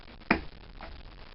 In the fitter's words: snap into place